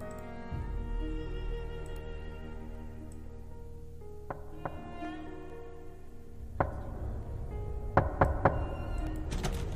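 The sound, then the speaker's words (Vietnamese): Irregular knocks on a door by a woman at night in a village, a few isolated raps and then a quicker cluster, sounding over a low, sustained droning tone with no voices. “Thỉnh thoảng người ta nghe được cô ta gõ cửa.”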